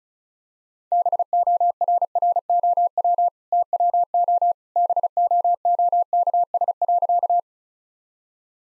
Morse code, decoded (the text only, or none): BORROW TWO BOOKS.